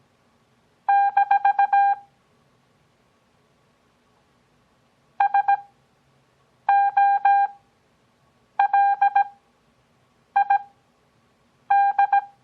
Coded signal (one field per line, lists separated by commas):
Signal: Morse code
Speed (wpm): 17 wpm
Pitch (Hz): 800 Hz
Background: none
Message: - SOLID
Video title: Copy Morse Code 5th Grade